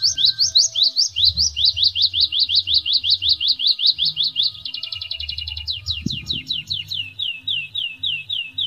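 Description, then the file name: Atlantic canary song: brisk rising whistled notes repeated steadily, shifting into a dense buzzy trill and then slower descending slurs, with a low background drone. Canary singing Indonesian trained song with 'isian glawing' filler material. "suara kenari isian glawing omkicau"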